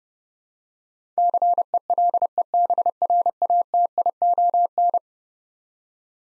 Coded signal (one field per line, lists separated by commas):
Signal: Morse code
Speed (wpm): 32 wpm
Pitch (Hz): 700 Hz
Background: none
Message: CELEBRATION